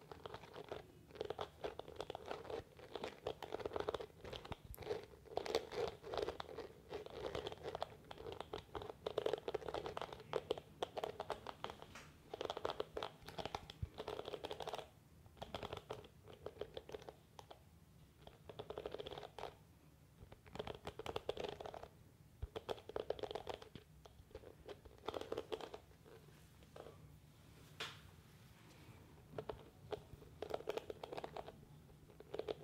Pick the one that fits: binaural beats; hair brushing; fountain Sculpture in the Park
hair brushing